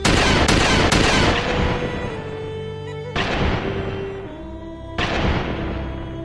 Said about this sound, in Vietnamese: Tiếng súng vang lên liên tục trong sân tập bắn.